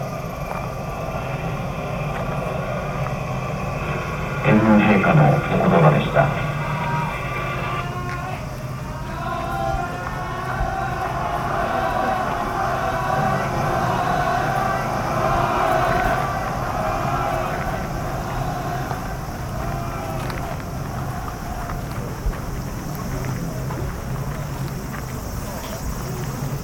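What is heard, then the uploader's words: Ambience at Yasukuni Shrine in Tokyo: a steady low traffic rumble with murmuring voices, and a louder burst of sound around five seconds. Field-recorded at Yasukuni Shrine, Tokyo.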